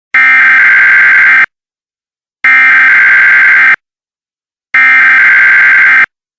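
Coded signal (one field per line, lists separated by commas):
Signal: Emergency Alert System (SAME) tones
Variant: header bursts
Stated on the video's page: Mock-up of a Civil Emergency Message/Emergency Action Notification that could have been issued; very loud.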